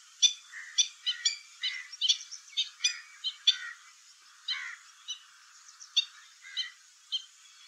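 Stilt calls: a quick cluster of sharp nasal yaps, then sparser single notes with short pauses between them.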